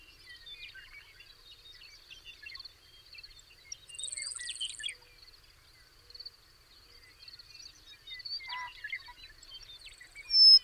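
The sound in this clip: Birds give sparse twittering notes and a brief high buzzy burst midway, with a steady insect drone throughout.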